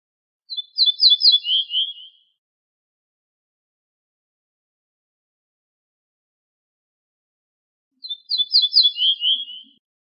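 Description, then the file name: Ortolan bunting singing two matching phrases separated by a long silence, each several sliding high notes followed by lower closing notes. "suara kicauan ortolan"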